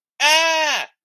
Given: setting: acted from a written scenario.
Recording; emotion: vocal sound without words; fear